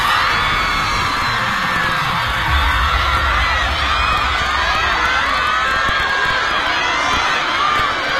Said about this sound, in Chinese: 哇，这些欢呼尖叫是为我们俩而打 call 吗？不是的。